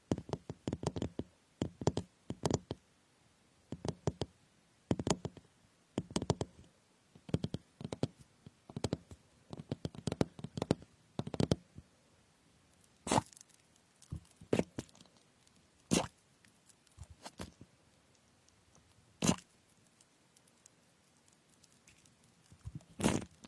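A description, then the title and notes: Knife cutting strawberries on a board, a series of short sharp chops with brief pauses. Chops come in quick clusters for the first twelve seconds, then thin out to single, louder strikes every second or two, with faint soft patter between them. Cutting fruits like strawberries.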